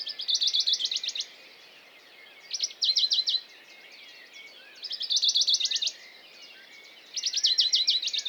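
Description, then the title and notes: Western Bonelli's warbler delivering four fast, dry trills in brisk succession, about every two seconds, over a soft chorus of other birdsong. Dawn chorus, 6 May 2020, Piste aux espagnols, Valmaravel, Drôme; unpaired bird perched on a small pine branch, rapid courtship song to attract a female; Nagra Seven recorder, MKH40 microphone. "CHORUS DE BONELLI. 06 mai 2020-Piste aux espagnols - Valmaravel - Drôme. Pouillot de Bonelli (Phylloscopus bonelli)"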